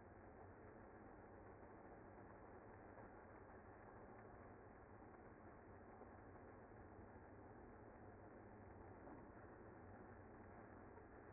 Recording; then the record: honeybee colony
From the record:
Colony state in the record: active